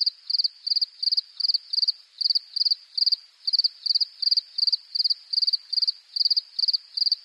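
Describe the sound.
Cricket call with steady, high pulsed chirps repeating roughly three times a second, each chirp a tight cluster of fast beats, continuing evenly throughout.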